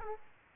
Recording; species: mosquito wingbeat signal from an infrared sensor; Aedes aegypti